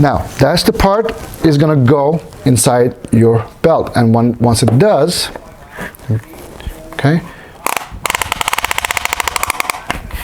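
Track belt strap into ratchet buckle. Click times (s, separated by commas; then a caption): 8.1 s, 8.2 s, 8.3 s, 8.4 s, 9.0 s, 9.1 s. Someone talks, then the toothed track of a track-belt strap is pushed into its ratchet buckle, giving a rapid series of sharp clicks at 8.2, 8.2, 8.3, 8.4, 9.0 and 9.1 seconds. The strap seats in the buckle and locks in place so it won't go anywhere.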